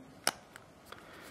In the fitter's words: ξανά κουμπώνει